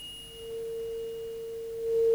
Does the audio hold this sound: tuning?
yes